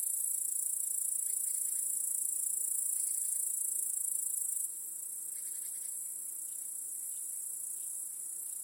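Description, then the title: Crickets in a steady high-pitched trilling chorus that drops a little in volume halfway, with scattered faint ticking chirps on top. Crickets chorusing in a home backyard in the evening as day turns to night. "Crickets in Your Backyard 🏡. Discovering the Sounds of Home"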